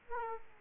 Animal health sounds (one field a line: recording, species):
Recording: mosquito wingbeat signal from an infrared sensor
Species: Aedes aegypti